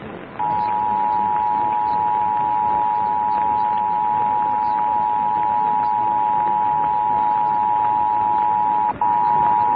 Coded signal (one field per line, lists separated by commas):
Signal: Emergency Alert System (SAME) tones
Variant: 853 and 960 Hz attention tone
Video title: A FIRST FOR ME - Southeast Michigan Required Monthly Test (02/15/2022) - EAS #24